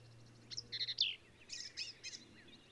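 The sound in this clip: Black-capped vireo song: quieter series of quick, varied high chirps and slurred notes in two short groups, over a low steady hum.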